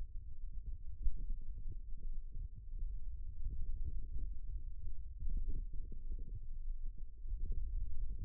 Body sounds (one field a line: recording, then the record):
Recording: forearm muscle sounds (acoustic myography)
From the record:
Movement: radial deviation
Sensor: system 2, bracelet of six BSWA MPA416 microphones around the upper forearm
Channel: 4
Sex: male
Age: 22 years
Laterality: right